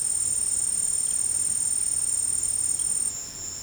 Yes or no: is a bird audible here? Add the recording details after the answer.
no. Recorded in secondary vegetation near Puerto Asís, Putumayo, Colombia, on 24 March 2025 at 15:30. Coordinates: 0.502, -76.326. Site G100